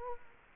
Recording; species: mosquito wingbeat signal from an infrared sensor; Culex quinquefasciatus